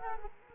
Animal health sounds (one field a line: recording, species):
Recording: mosquito wingbeat signal from an infrared sensor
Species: Culex quinquefasciatus